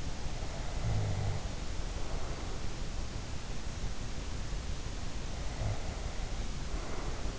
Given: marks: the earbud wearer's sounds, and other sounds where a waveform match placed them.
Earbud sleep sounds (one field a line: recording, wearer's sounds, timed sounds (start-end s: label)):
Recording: sounds in sleep by an in-ear microphone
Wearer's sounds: snoring breath, breath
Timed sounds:
0.72-2.64 s: snoring breath
5.46-7.39 s: breath